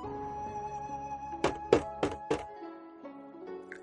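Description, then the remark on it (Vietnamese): Four firm, evenly spaced knocks on a room door ring out over a soft, sustained musical background, each rap sharp and thudding before the music continues alone. “Đúng lúc này, cửa phòng có tiếng gõ.”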